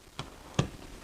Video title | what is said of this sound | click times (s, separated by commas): La gamme de supports Sanifil | ça vient vraiment se clipser ça me permet de disposer mon appareil et puis d'être capable de le retirer | 0.2 s, 0.6 s